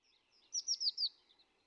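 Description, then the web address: Eurasian blue tit calls: a quick burst of four high, thin, downslurred notes, preceded and followed by fainter soft chips. Early morning. "Fontainebleau Demo. blue tit"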